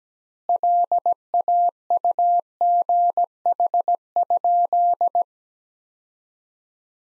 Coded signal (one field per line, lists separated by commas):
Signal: Morse code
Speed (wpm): 17 wpm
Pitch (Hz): 700 Hz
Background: none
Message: LAUGH?